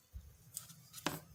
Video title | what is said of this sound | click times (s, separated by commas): BM800 Condenser Microphone Kit Studio Pop Filter Boom Scissor Arm Rack | and make sure yeah so that snaps right in | 1.1 s